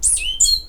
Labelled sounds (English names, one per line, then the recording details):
Stitchbird song
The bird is a male
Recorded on Tiritiri Matangi Island, New Zealand, in 2005
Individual 17, of nest box 25